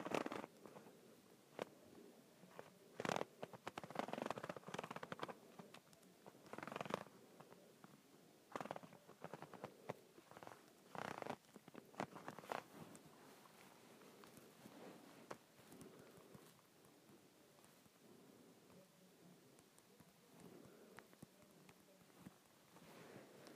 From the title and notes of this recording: ASMR Twisting and Turning a Handle.